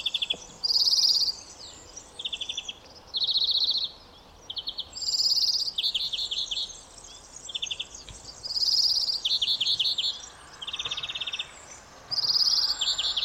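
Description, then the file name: European greenfinch giving bursts of rapid, high twittering trills about a second long, alternating between slightly higher and lower pitches, with short pauses between bursts over faint background hiss. "Chloris chloris"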